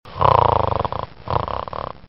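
Two rattling, fluttering snoring breath sounds from a sleeping person, each under a second long, with a brief pause between them. The coarse, vibrating quality comes from soft tissue of the upper airway vibrating during sleep.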